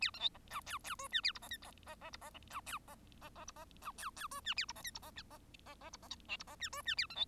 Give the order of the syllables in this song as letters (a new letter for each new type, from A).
A B C D E F F G H A I D J D D I D E F D D D I D E F F G H A I D J I D H D D D I D J K I D H G H A B C